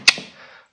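A metal quick-release latch on the rear bumper of a Volvo 240 racecar is flipped open with one sharp, loud snap at 0.1 s, followed by a softer knock and a brief ringing tail. The latch is released and undone.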